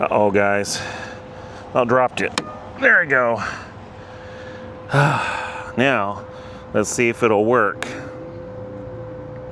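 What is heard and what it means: Someone talks while handling a DC fast-charging connector after dropping it, bringing it back toward an electric car's charge port, with a steady low hum running underneath. The connector has not seated or clicked into the port yet.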